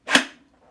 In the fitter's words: you can actually kind of hear it click into place, and then you're ready to go.